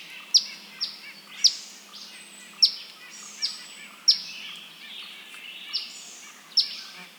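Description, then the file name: Eastern phoebe calling with an irregular series of crisp, high chips, some louder and some softer, against a light hiss. "Eastern Phoebe - Sayornis phoebe"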